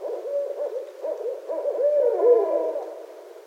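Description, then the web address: Barred owl hooting in a rhythmic series of low, rolling hoots that swell toward the end with a drawn-out, falling final note. Recorded on 9 February 2012. "Barred Owl 2012 02 09"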